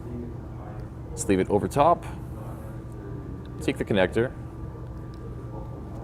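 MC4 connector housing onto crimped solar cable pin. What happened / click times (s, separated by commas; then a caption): The connector is only being handled and lined up, with no seating click / none. An MC4 connector housing is picked up and lined up over the crimped pin on a solar cable for a marine solar panel, ready to be pushed down. Someone talks in two short bursts against a steady low hum with a faint constant tone. Nothing has seated or clicked yet.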